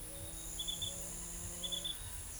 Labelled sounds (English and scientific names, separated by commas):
none